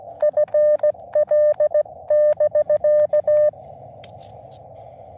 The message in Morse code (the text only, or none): FL<BK>